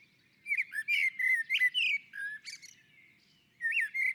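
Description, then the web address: Common blackbird song: low fluty warbled notes ending in a thin high squeaky twitter, a short pause, then a new phrase begins. On a roof. "Naturinspelningar Koltrast på taket"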